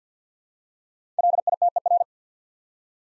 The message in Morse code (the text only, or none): LITER